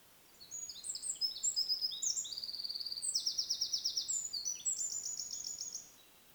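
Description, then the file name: Eurasian wren singing a long, energetic burst of high, rapid trills and sharp notes, switching among several fast rattles over roughly five seconds. "Troglodytes troglodytes"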